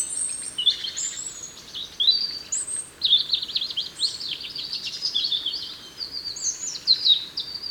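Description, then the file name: European robin singing a run of high, fluid warbles and trills, nearly continuous, rising and falling in pitch. "Erithacus rubecula"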